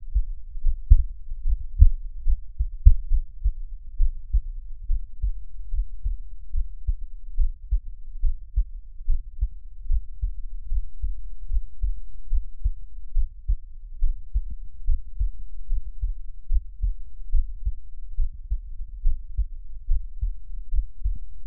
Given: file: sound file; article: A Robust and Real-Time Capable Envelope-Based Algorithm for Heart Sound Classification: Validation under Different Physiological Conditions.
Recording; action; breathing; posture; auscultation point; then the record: heart sounds by electronic stethoscope; rest; normal; lying on back; Erb’s point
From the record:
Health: healthy, no known heart disease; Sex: male